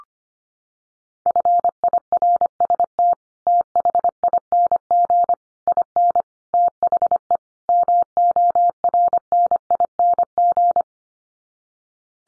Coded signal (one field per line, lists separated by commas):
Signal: Morse code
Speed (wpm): 25 wpm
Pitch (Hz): 700 Hz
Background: none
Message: FIRST THING IN THE MORNING